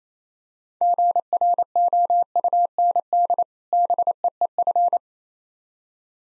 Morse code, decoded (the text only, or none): GROUND BEEF